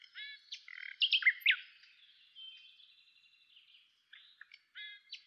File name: Luscinia megarhynchos